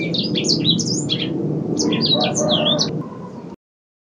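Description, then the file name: Edel sanger: quick, high twittering song in two dense bursts over a constant low rumbling noise. Described as singing vigorously (gacor). "edel-sanger-gacor-2-omkicau"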